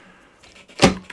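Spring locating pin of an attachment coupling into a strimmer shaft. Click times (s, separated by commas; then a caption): 0.8 s. A tiller attachment coupling is slid onto a strimmer drive shaft that has been drilled and cut, with its spring locking pin pulled back and then let go. After some quiet, low handling noise, the pin snaps into the new hole with a sharp, loud click at 0.8 s, followed by a small tick at 1.1 s. The coupling is locked into place with the pin located.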